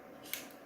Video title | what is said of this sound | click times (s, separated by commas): 11 GPU Mining Rig Build 0.5Ghs @ 1000w! MSI B450 Motherboard - AMD Ryzen 2600 CPU - Part 2 | It's good. You always want to hear that magic little click. | 0.3 s